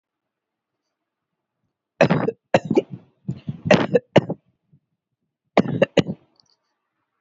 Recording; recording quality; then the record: heavy voluntary cough; excellent, no background noise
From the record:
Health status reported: healthy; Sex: male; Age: 20 years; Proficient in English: yes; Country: India